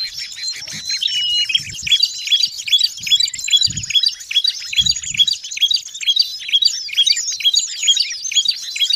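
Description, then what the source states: Birds chirping in a dense, busy chorus of high, rapid tweets and whistled notes, overlapping continuously, with a few low thumps underneath. Noisy bird calls used as a lure for trapping birds.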